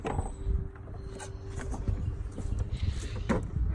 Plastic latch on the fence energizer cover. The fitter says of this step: And like I said, those things just lock into place. So now it's locked.